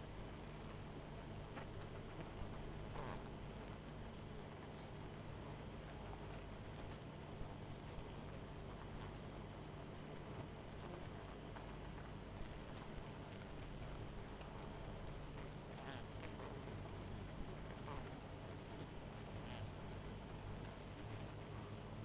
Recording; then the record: honeybee colony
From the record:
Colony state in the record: missing queen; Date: 14 July 2017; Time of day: 21:09